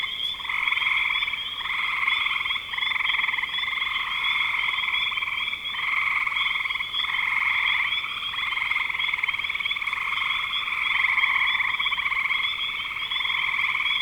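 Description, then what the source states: Dense frog chorus of pulsed, buzzy trills in near-continuous waves. Spring 2025.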